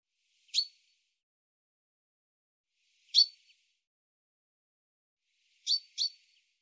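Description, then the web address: Common chaffinch calling with crisp, high single notes about two and a half seconds apart, ending with a rapid double note; otherwise silent. "Deverinetal 2025 File cleaned normalized Bird Fr Co"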